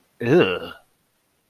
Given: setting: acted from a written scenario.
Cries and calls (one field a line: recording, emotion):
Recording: vocal sound without words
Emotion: disgust